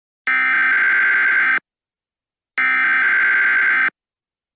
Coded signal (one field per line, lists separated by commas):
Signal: Emergency Alert System (SAME) tones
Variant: header bursts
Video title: EAS SCENARIO - What Lies Down There?